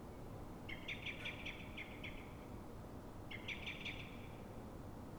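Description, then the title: Common blackbird alarm call, two fast series of hard clucking notes, the first longer, starting about two and a half seconds apart; low background hum. Frightened or threatened blackbird at dawn, probably reacting to another blackbird; Pl. de Francisco Escolar, Fuenlabrada, Madrid, Spain; Zoom H1n recorder. "Pl. de Francisco Escolar, 10, 28944 Fuenlabrada, Madrid, España - Mirlo asustado"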